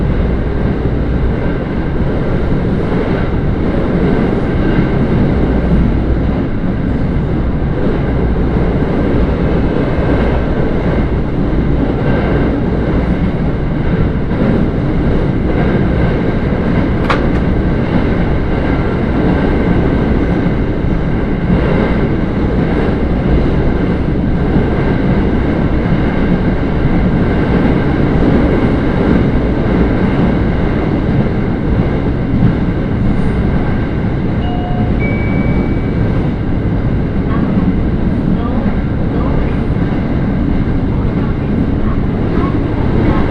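Steady interior rumble of a train in motion, dense and low, holding an even level for the whole stretch. Faint whining tones sit above the roar, a brief sharp click comes near seventeen seconds, and small chirps appear around thirty-five seconds.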